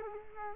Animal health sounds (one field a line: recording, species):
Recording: mosquito wingbeat signal from an infrared sensor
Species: Culex quinquefasciatus